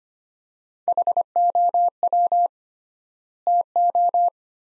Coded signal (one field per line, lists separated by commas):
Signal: Morse code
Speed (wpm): 25 wpm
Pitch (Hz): 700 Hz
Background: none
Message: HOW TO